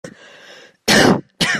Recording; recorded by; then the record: voluntary cough; messaging app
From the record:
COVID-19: negative